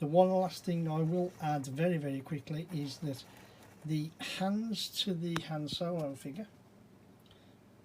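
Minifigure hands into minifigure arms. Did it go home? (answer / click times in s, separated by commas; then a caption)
yes / 7.3 s. Someone talks, then two plastic hands are pressed into the arms of a plastic building-brick minifigure from a Star Wars Death Star Lego Set 75159 clone. Two quick, faint clicks come close together at 7.3 s as the hands pop into place. Both hands are seated and solid.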